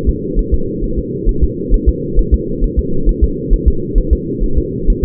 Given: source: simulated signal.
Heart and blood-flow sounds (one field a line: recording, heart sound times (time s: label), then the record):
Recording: fetal heart sounds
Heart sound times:
0.09 s: S2
0.39 s: S1
0.54 s: S2
0.84 s: S1
0.99 s: S2
1.29 s: S1
1.44 s: S2
1.74 s: S1
1.89 s: S2
2.19 s: S1
2.34 s: S2
2.64 s: S1
2.79 s: S2
3.09 s: S1
3.24 s: S2
3.53 s: S1
3.68 s: S2
3.98 s: S1
4.13 s: S2
4.44 s: S1
4.58 s: S2
4.90 s: S1
5.05 s: S2
From the record:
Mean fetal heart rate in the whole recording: 130 bpm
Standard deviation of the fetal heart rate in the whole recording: 4 bpm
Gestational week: 38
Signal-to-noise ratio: -8.1 dB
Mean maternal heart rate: 72 bpm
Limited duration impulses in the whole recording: absent